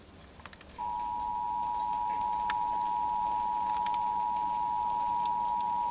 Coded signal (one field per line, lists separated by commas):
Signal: Emergency Alert System (SAME) tones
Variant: 853 and 960 Hz attention tone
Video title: EAS warning interrupts Thomas & friends pbs airing